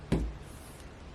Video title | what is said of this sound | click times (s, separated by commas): DONGKE Compatible with MacBook Pro 14 inch Case UNBOXING/INSTALL | see now that one snapped in | 0.1 s